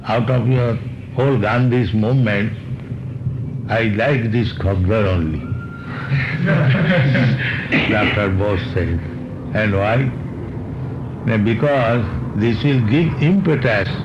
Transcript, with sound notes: "Out of your whole Gandhi's movement, I like this khādar only." [laughter] Dr. Bose said. And why? "No, because this will give impetus